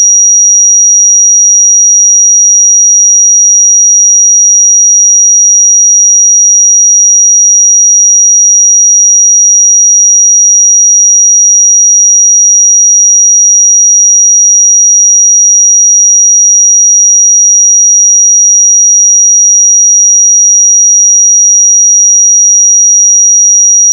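A pure sine tone at 5749 Hz holds perfectly steady for the whole clip, thin and piercingly bright with no wavering in pitch or volume. Nothing else sounds behind it; the tone simply continues unbroken until it stops at the end.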